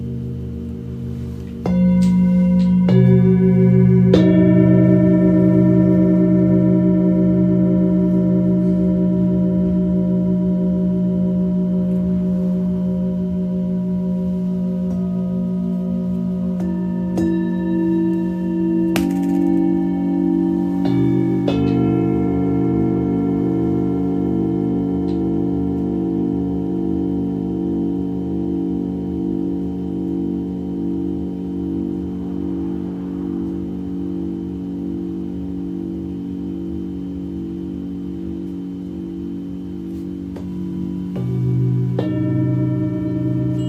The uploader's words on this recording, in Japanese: メキシコから シンギングボウルのサウンドヒーリング。